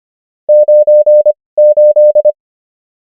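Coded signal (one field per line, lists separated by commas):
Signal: Morse code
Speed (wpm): 25 wpm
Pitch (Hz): 600 Hz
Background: none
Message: 98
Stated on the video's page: Morse code numbers practice, 25 wpm character speed with 19 wpm Farnsworth word speed.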